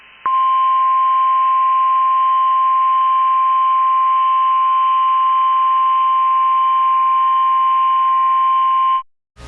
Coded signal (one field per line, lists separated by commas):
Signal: Emergency Alert System (SAME) tones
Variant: 1050 Hz attention tone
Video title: 4/6/22 Tornado Watch #100 on KEC80 EAS #168